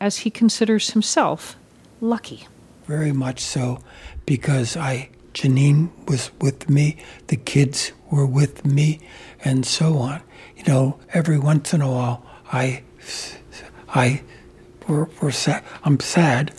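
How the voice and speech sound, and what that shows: After a brief narrator line, an adult man speaks in short phrases with frequent pauses. Near the end he stalls, repeats "I" across a long pause, and makes broken restarts before finishing "I'm sad." This word-finding hesitancy reflects aphasia caused by a massive stroke two years and nine months earlier, which also affects understanding, reading and numbers; he is in therapy and improving.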